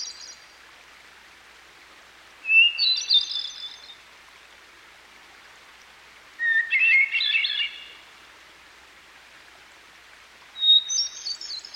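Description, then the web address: Hermit thrush song, several flute-like phrases spaced a few seconds apart, most a clear opening whistle then a warbling run, shifting between high and low pitch, over a rushing stream. By a stream. "Dan Gibson Songbirds By The Stream. Hermit Thrush"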